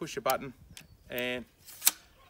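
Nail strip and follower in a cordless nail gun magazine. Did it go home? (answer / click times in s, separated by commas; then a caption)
yes / 1.9 s. Someone talks while a nail strip sits in the magazine of a Ryobi One+ AirStrike 18V cordless nail gun. The release button is pressed and the spring-loaded plastic follower slides forward with one sharp snap at 1.9 s, pushing the nails into feed position so they are seated and ready to fire.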